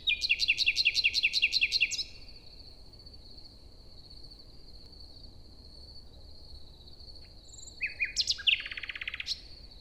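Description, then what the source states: Common nightingale song opening with a rapid series of repeated loud notes, then a pause and a new phrase ending in a buzzy trill. Singing a kind of morning song inside a forest near Hoscheid, Luxembourg, early on a summer morning at sunrise after a wet night.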